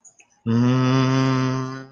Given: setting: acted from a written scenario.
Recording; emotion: vocal sound without words; distress